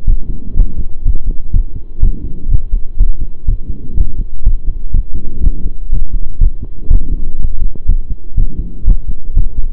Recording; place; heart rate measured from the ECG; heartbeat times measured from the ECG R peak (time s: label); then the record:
heart sounds by stethoscope; between the tricuspid and mitral areas; 123 bpm
0.06 s: heartbeat
0.56 s: heartbeat
1.04 s: heartbeat
1.53 s: heartbeat
2.02 s: heartbeat
2.50 s: heartbeat
2.99 s: heartbeat
3.47 s: heartbeat
3.96 s: heartbeat
4.45 s: heartbeat
4.93 s: heartbeat
5.43 s: heartbeat
5.91 s: heartbeat
6.40 s: heartbeat
6.90 s: heartbeat
7.38 s: heartbeat
7.87 s: heartbeat
8.36 s: heartbeat
8.86 s: heartbeat
9.35 s: heartbeat
From the record:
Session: pedaling a stationary bicycle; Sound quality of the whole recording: saturated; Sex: male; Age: 23 years